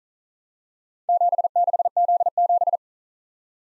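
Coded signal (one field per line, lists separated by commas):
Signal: Morse code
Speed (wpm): 40 wpm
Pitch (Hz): 700 Hz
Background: none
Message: 76Z7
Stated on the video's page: Morse practice of four-character letter-number groups, starting fast and slowing to a 35 wpm base speed; final repeat at maximum speed.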